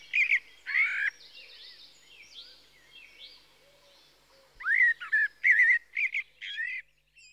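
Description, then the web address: Common blackbird singing two mellow whistled notes, a pause with quieter birds, then a fuller warbled phrase. "The BBC Sound Effects Library. Blackbird (Turdus Merula)"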